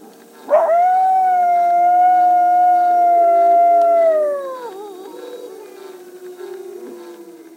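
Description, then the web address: Coyote howling: one long, steady, tonal note held for about four seconds, then falling and fading into lower, quieter wavering sounds. "Zoo Field Guide. Coyo"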